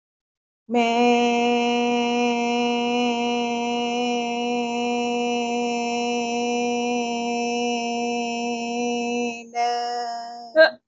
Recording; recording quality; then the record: sustained vowel as in made; excellent, no background noise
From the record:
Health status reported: healthy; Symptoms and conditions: none ticked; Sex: female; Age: 56 years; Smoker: not ticked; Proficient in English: yes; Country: India